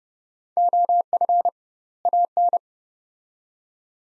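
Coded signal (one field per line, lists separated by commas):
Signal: Morse code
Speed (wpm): 30 wpm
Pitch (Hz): 700 Hz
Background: none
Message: OF AN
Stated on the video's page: Practice drill of two-word sets at 30 wpm with doubled word spacing, a Farnsworth-like method applied to words.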